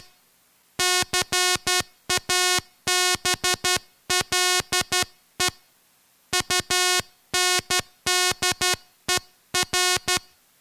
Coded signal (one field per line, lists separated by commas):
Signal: Morse code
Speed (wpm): 12 wpm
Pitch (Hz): 730 Hz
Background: music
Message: CABLE UNDER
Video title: 2022 Celebrating the 1866 Hearts Content to Valentia Telegraph Transmission